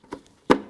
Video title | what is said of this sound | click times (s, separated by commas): How to Replace Tail Light 2007-17 Jeep Compass | put it in listen for a click now put in your red lock | 0.5 s